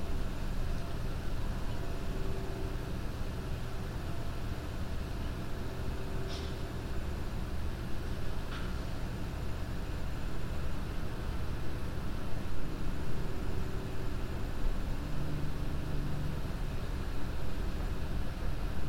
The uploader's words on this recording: A stereo recording of sitting in a backyard, Boulder, CO.